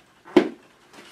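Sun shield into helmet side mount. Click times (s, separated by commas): 0.4 s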